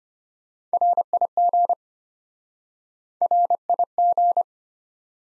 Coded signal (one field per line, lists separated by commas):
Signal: Morse code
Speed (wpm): 33 wpm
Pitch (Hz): 700 Hz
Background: none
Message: RIG RIG